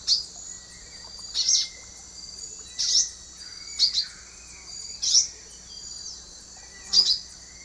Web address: Natures Songs S America Eastern Lowlands. Ramphocelus carbo, slow song